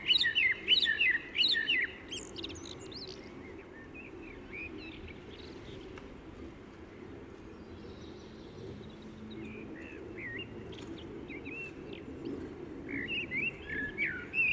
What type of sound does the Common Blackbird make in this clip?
song